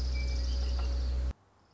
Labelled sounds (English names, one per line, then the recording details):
Orange-crowned Warbler
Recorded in Sonoma County, California